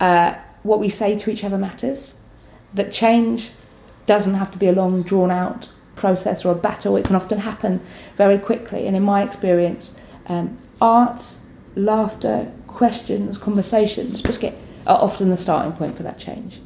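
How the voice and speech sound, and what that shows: Adult woman speaking in a steady, fluent voice, interrupted by a vocal tic: the word 'biscuit' blurted into the middle of a list. Vocal tics of Tourette syndrome; her brain works in a non-normative way.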